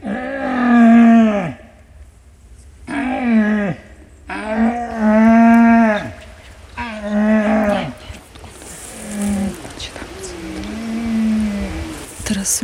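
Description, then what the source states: Red deer stag roaring: several loud, deep, drawn-out bellows, then a softer roar near the end. Stag during the rut, which moved to where the hunter had earlier called, looking for the rival.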